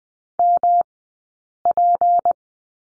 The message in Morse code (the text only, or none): MP